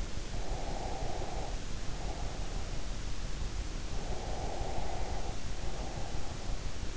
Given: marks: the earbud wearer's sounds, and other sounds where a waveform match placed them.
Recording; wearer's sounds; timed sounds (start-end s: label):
sounds in sleep by an in-ear microphone; breath
0.45-2.72 s: breath
4.01-6.56 s: breath